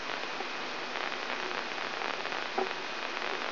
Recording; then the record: brain microelectrode recording played as sound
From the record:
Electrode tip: inside the subthalamic nucleus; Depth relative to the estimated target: 1 mm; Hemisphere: right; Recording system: AlphaMap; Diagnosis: Parkinson's disease